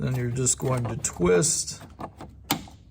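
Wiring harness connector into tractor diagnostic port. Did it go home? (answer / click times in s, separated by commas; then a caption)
yes / 2.5 s. Someone talks while the plastic twist-lock wiring harness connector is put on the diagnostic port of a 2023 John Deere 3025 D tractor, rotated until it drops into place, then twisted. A few faint ticks precede a sharp click at 2.5 s as the connector locks and seats.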